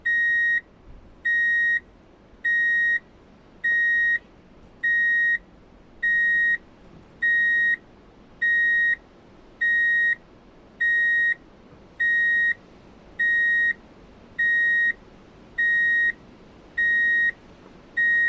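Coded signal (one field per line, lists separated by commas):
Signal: alarm pattern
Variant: vehicle back-up beeper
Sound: steady repeating high beeps, about fifteen, evenly spaced over low rumble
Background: low engine rumble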